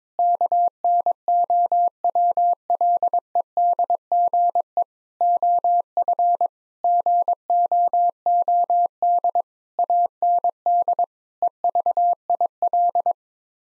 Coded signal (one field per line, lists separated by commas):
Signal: Morse code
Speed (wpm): 22 wpm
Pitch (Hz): 700 Hz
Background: none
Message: KNOWLEDGE OF GOOD AND EVIL